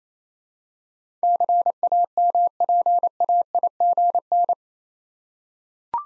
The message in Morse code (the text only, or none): CAMPAIGN